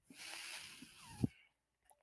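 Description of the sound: A soft, airy hiss lasts about a second and a half. A low thump comes near its end, then the clip goes quiet. This is the breath cycle of a home mechanical ventilator, heard as background noise while its user talks.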